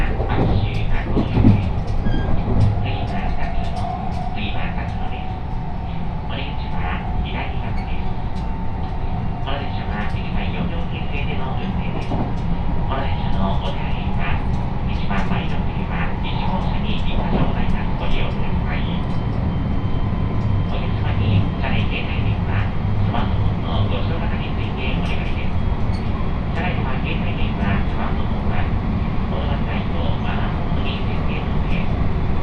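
Riding a train on the Sanyo and Ako lines, a steady low rumble carries on, with scattered clicks, a faint rising tone, and occasional voices.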